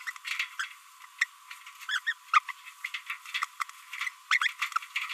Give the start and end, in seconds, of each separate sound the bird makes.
0.01-0.03, 0.07-0.12, 1.21-1.25, 1.89-1.99, 2.07-2.13, 2.33-2.39, 4.31-4.38, 4.42-4.50